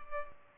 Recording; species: mosquito wingbeat signal from an infrared sensor; Culex pipiens